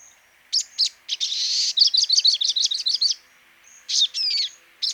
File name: Cinnyris Frenatus